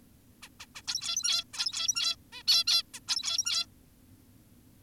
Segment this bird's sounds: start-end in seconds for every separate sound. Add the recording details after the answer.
0.43-0.49, 0.60-0.66, 0.75-0.82, 0.88-1.44, 1.54-2.16, 2.33-2.43, 2.48-2.64, 2.67-2.83, 2.94-3.00, 3.08-3.66. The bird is an adult. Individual g17y2U